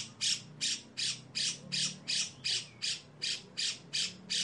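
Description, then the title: Grey-cheeked bulbul giving harsh, buzzy rasping notes, about a dozen evenly spaced bursts repeated nearly three times a second, with a low hum underneath. Long, rough "besetan" song style, used as a master and lure recording for training birds. "MASTERAN CUCAK JENGGOT GACOR FULL BESETAN KASAR DURASI PANJANG. CUCAK JENGGOT GACOR SUARA BESETAN PANJANG‼️PANCINGAN-MASTERAN BURUNG"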